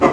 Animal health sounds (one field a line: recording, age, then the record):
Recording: pig call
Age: growing-finishing pig (85 days or more)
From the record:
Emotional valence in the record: positive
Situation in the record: run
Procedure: transit